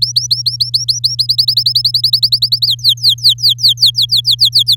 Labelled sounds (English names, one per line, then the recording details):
Domestic Canary song
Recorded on 8 May 2018 at 06:40
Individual llb16